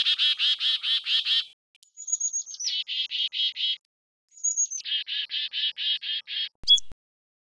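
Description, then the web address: Chickadee calls: three runs of rapid, buzzy, harsh dee notes repeated several times a second, the second and third each preceded by thin high introductory notes. Call variation. "timbillo. calls to know bc chickadee variation"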